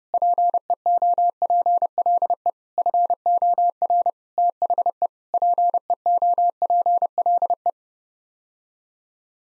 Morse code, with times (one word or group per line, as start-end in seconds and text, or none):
0.1-2.5 PEOPLE
2.8-4.1 FOR
4.4-5.1 THE
5.3-7.7 PEOPLE